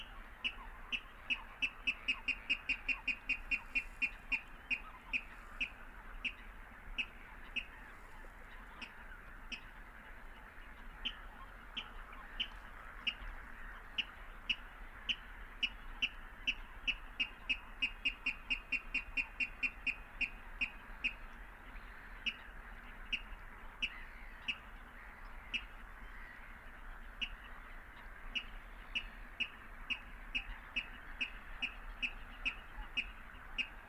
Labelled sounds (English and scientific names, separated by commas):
Water Rail (Rallus aquaticus) song